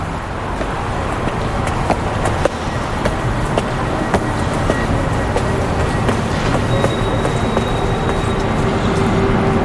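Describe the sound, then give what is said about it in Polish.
Railway station ambience: a steady, loud rumble of trains with clanks and clicks scattered throughout, and thin high squealing tones from wheels or brakes rising in the second half. No one speaks. “Ja tu często chodzę na dworzec do Bawuła.”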